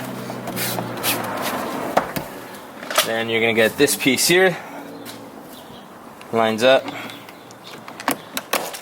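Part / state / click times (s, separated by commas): plastic trim piece onto door/mirror mount / seated / 8.1 s, 8.4 s, 8.5 s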